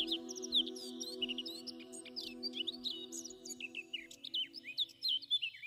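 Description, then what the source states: Bird calling: many short, sharp chirps and quick twittering notes throughout, over a steady low droning hum. Deep forest at night.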